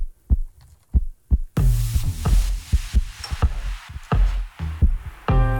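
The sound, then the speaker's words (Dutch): The heartbeat of Wassila Hachchi, a former D66 member of the Dutch parliament, thuds in a steady, low lub-dub rhythm, about one beat per second. After a quiet start, a loud hissing, roaring wash of sound joins beneath the beats. “Dit is de hartslag van Wasila Hatchi.”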